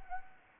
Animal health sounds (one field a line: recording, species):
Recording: mosquito wingbeat signal from an infrared sensor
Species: Anopheles arabiensis